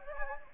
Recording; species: mosquito wingbeat signal from an infrared sensor; Anopheles gambiae